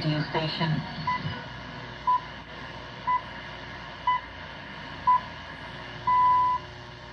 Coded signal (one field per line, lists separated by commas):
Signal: radio time signal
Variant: time pips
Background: speech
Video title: BBC World Service on Vintage 1949 Westinghouse International tune receiver 12095 kHz Shortwave